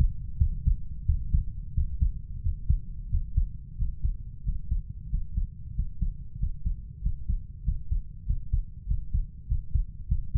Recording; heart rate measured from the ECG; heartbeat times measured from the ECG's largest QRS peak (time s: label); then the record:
heart sounds by stethoscope; 93 bpm
0.39 s: heartbeat
1.07 s: heartbeat
1.75 s: heartbeat
2.43 s: heartbeat
3.11 s: heartbeat
3.79 s: heartbeat
4.46 s: heartbeat
5.11 s: heartbeat
5.76 s: heartbeat
6.40 s: heartbeat
7.03 s: heartbeat
7.65 s: heartbeat
8.27 s: heartbeat
8.88 s: heartbeat
9.49 s: heartbeat
10.09 s: heartbeat
From the record:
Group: healthy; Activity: Valsalva maneuver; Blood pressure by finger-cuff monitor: 129/79 mmHg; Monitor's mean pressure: 95 mmHg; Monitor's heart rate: 91 bpm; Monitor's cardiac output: 6.6 L/min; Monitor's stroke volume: 69 mL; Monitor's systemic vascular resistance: 950 dyn s/cm5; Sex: male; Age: 21 years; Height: 175 cm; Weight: 72.6 kg